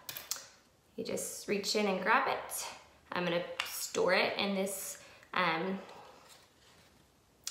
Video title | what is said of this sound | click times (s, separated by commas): How to Swap out the Refill Cartridge in Beautycounter's Cheeky Clean Cream Blush | pop it right up you | 0.3 s